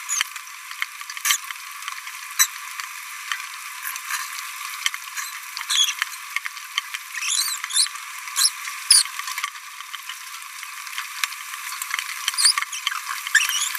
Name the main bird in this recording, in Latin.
Forpus passerinus